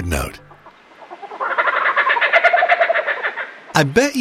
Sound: Laughing Kookaburra calls

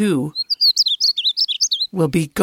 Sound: Painted Bunting song

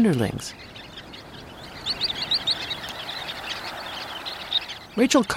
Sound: Sound of gentle waves and sharp call notes of a flock of Sanderlings

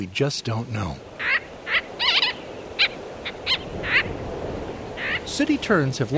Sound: Calls of Sooty Terns, colony

